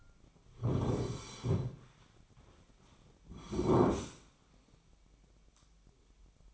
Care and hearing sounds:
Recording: daily activity, microphone in the room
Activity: sit down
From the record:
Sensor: 1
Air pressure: 1009.3 hPa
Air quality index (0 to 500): 179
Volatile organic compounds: 3 ppm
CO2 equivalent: 1511 ppm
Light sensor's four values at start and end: 40/107/45/53 and 41/111/46/54

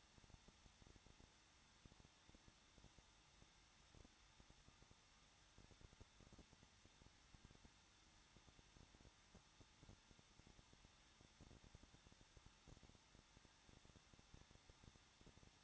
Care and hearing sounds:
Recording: daily activity, microphone in the room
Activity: no activity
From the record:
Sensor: 3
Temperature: 21.2 degrees Celsius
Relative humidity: 36.4%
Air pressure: 1006.4 hPa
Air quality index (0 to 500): 223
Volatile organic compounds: 43 ppm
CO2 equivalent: 3189 ppm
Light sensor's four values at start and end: 2/3/2/2 and 2/3/2/2

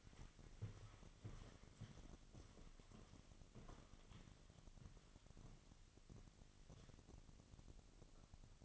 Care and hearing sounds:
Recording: daily activity, microphone in the room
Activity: walk to room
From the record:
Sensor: 4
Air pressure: 1000.3 hPa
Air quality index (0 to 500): 211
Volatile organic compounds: 21 ppm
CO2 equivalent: 2731 ppm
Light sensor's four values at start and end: 8/18/7/7 and 9/21/8/8

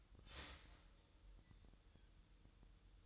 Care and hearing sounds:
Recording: daily activity, microphone in the room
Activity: start toaster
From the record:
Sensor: 3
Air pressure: 988.5 hPa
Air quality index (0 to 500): 194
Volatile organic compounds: 291 ppm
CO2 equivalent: 4460 ppm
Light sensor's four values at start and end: 23/72/30/26 and 23/72/30/26

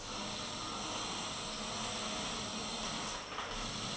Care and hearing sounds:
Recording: daily activity, microphone in the room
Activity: vacuum cleaning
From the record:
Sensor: 4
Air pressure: 996.0 hPa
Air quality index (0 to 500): 47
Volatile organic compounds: 1 ppm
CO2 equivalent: 751 ppm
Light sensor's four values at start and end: 18/49/19/20 and 18/48/18/19

